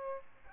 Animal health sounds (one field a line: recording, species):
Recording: mosquito wingbeat signal from an infrared sensor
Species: Aedes albopictus